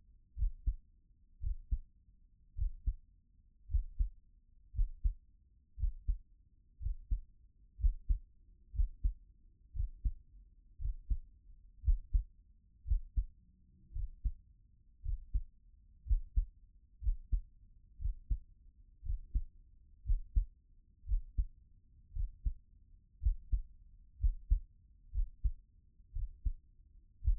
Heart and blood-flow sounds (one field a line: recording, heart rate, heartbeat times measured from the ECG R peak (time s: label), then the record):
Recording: heart sounds by stethoscope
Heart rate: 58 bpm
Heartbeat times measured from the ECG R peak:
0.34 s: heartbeat
1.38 s: heartbeat
2.53 s: heartbeat
3.66 s: heartbeat
4.71 s: heartbeat
5.74 s: heartbeat
6.77 s: heartbeat
7.76 s: heartbeat
8.70 s: heartbeat
9.71 s: heartbeat
10.76 s: heartbeat
11.80 s: heartbeat
12.83 s: heartbeat
13.91 s: heartbeat
15.00 s: heartbeat
16.03 s: heartbeat
16.98 s: heartbeat
17.96 s: heartbeat
19.01 s: heartbeat
20.02 s: heartbeat
21.04 s: heartbeat
22.11 s: heartbeat
23.18 s: heartbeat
24.17 s: heartbeat
25.09 s: heartbeat
26.11 s: heartbeat
27.20 s: heartbeat
From the record:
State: at rest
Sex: male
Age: 28 years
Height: 182 cm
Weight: 70 kg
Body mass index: 21.13